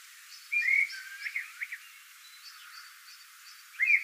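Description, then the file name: Eurasian blackbird song: a clear fluty whistle followed by a few quick warbled notes and faint high squeaks, then another whistle after a pause. "Turdus merula"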